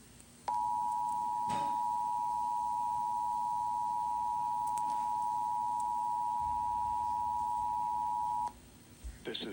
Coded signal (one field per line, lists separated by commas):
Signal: Emergency Alert System (SAME) tones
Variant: 853 and 960 Hz attention tone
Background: speech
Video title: Emergency Alert System August 31, 2022 (Comcast)